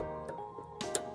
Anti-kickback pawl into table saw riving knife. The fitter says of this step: There you go. And you'll hear him kicking and you'll click in, all right?